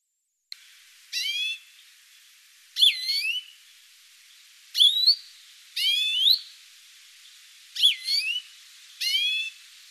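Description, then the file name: European greenfinch calls: six bursts of buzzy, downslurred notes mixed with looping whistled notes, spaced irregularly over ten seconds, quiet otherwise. "Chloris chloris"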